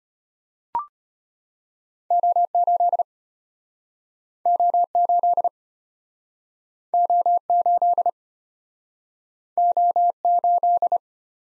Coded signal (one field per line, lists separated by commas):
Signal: Morse code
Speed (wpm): 34 wpm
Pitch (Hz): 700 Hz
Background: none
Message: O8 O8 O8 O8